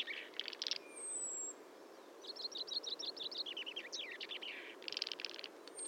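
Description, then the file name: Common chaffinch song: a run of repeated chipping notes that drops in pitch, ending in a flourish; a thin high whistle and brief chirps come earlier. "Fringilla coelebs"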